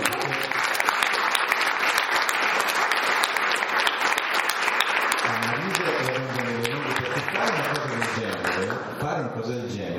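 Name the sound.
audience applause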